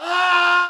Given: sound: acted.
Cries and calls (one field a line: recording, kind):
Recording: vocal sound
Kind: scream